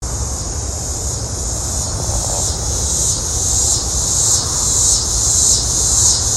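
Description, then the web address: Cicada song, a dense continuous high-pitched buzz that pulses gently, with a steady low rumble beneath. "cicadas. Linnes x Winnemanna"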